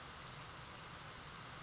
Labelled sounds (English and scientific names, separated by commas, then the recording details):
Western Flycatcher (Empidonax difficilis)
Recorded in Sonoma County, California